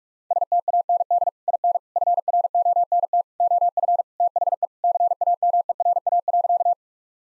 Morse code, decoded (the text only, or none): STAND IN FRONT OF THE CAMERA.